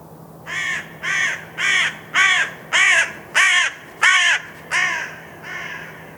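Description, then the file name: Carrion crow giving harsh, hoarse caws in a steady series, each lasting roughly half a second, over a low constant hum. "Corvus corone"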